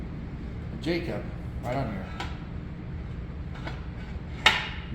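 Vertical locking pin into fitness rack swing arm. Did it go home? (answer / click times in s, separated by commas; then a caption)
yes / 4.5 s. A steel vertical locking pin is dropped down through the swing arm of a fitness rack to lock the arm in place. Someone talks over a low background hum. At 4.5 s a sharp metallic hit rings out as the pin drops in and locks the swing arm.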